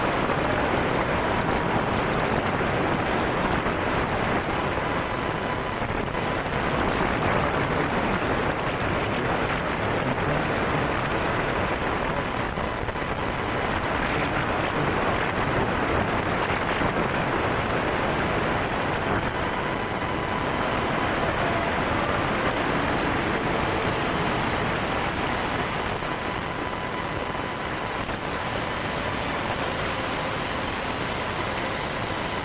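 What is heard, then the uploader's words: Radio interference fills the clip as a dense, steady hiss and crackle at an even loudness throughout. Faint thin tones drift in and out, and the noise thickens briefly around 6 and 17 seconds without any clear breaks. This episode of the White Noise Podcast is RADIO INTERFERENCE.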